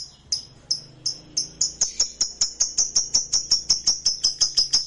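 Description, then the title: Lovebird song: sharp high chirps, widely spaced at first, that speed up into a quick, even run of ringing notes. "Suara Lovebird"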